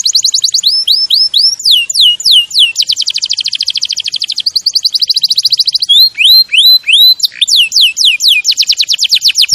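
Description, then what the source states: Canary singing continuously: rising whistled notes, then fast rattling trills, then sweeping upslurred phrases, all high-pitched and varied. Champion canary song used as a master recording for training other birds.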